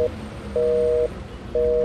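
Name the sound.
telephone busy signal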